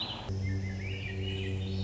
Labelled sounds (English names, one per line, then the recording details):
Swainson's Thrush
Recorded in Sonoma County, California